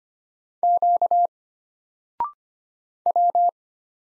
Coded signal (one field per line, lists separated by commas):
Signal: Morse code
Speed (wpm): 25 wpm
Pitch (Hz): 700 Hz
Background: none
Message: Q W